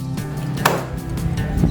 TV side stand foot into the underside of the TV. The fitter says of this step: Và để giới thiệu chúng, hãy ép cho đến khi bạn nghe thấy tiếng click.